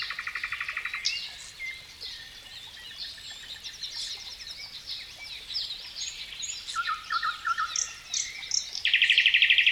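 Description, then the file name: Nightingale song with a pulsed trill, scattered chirps, a lower rattling phrase and a final loud, fast buzzing trill; a soft steady hiss sits underneath. Natural woodland beside a water stream. "Dauzkobza Natural Woodland Forest Water Stream Nightingale Birds"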